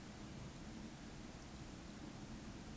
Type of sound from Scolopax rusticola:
whistle